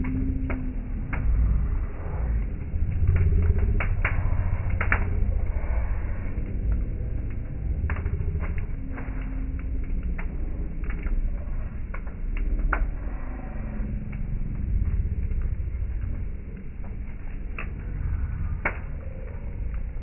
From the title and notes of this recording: Ember and flames from Valborg night in Ulriksdal, Sweden. In the last day of april 2023, we bid goodbye to winter.